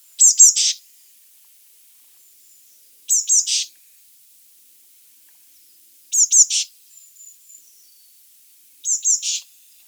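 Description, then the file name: Eurasian blue tit calling: short high notes, two thin chips followed by a broader buzzy note, the phrase repeated about every three seconds, four times. "Cyanistes caeruleus"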